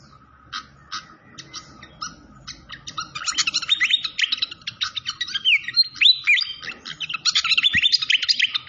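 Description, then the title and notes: Malaysian pied fantail song: a series of sharp chips for about three seconds, then a dense, fast run of twittering notes and slurred whistles. Clear-voiced song on a masteran (training recording). "Masteran Sikatan Kipas Suara Jernih Dan Suara Gemericik Air. Suara Burung Sikatan Londo"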